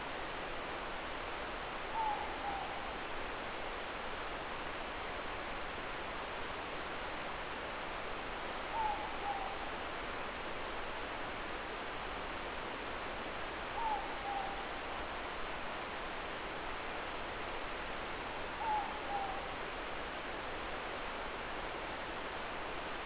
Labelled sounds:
Morepork more-pork call
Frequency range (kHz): Morepork 0.6-1.0 kHz
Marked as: faintness 3/5
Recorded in New Zealand
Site Eglinton

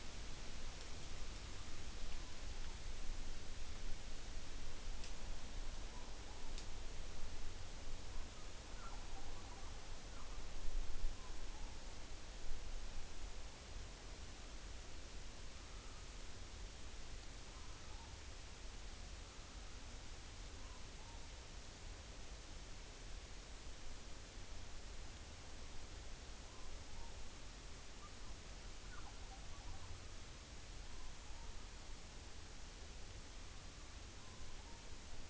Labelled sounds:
Morepork more-pork call
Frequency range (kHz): Morepork 0.7-1.3 kHz
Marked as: faintness 5/5
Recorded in New Zealand on 11 September 2013
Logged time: 02:19
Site Ponui

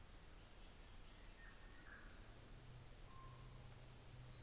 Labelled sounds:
New Zealand Fantail
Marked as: faintness 3/5
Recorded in New Zealand on 24 December 2018
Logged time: 13:05

